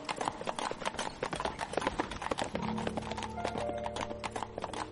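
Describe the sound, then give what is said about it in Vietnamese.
Steady clip-clop of horse hooves pulling a carriage in the morning as it reaches a road fork outside the mountains, a quick sharp rhythm of knocks throughout, joined midway by a low steady rumble of wheels. “Đến buổi sáng giờ thìn, xe ngựa đến ngã ba đường bên ngoài núi.”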